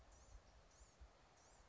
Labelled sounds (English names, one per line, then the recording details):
Blue-gray Gnatcatcher
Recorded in Sonoma County, California